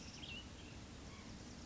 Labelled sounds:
Cassin's Vireo
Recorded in Sonoma County, California

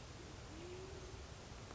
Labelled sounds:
Band-tailed Pigeon
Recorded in Sonoma County, California

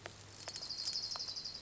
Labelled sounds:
Orange-crowned Warbler
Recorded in Sonoma County, California

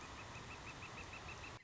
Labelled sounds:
Northern Flicker
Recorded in Sonoma County, California

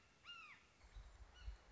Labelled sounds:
Red-shouldered Hawk
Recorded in Sonoma County, California

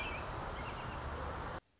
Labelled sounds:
American Robin
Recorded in Sonoma County, California

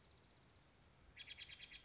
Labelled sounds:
Steller's Jay
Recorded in Sonoma County, California

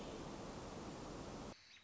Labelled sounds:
American Robin
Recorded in Sonoma County, California

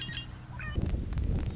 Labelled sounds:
Red-winged Blackbird
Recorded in Sonoma County, California

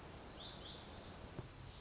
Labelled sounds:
Lazuli Bunting
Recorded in Sonoma County, California

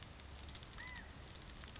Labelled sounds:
California Quail
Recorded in Sonoma County, California

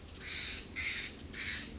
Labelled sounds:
Steller's Jay
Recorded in Sonoma County, California

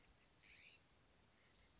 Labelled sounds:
California Scrub-Jay
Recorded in Sonoma County, California

